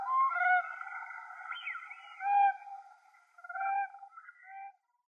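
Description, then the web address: Siberian crane calls: soft, drawn-out fluting notes with wavering pitch, a few louder yelps and then quiet. "Schulze Peter Siberian Crane"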